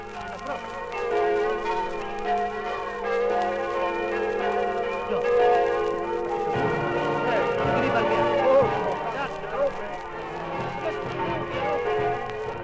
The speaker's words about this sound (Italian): Le campane e la banda di un paesino sulla sponda destra del torre salutano i reduci dalla Francia, dalla Svizzera, dal Belgio, dal Lussemburgo.